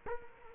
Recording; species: mosquito wingbeat signal from an infrared sensor; Culex quinquefasciatus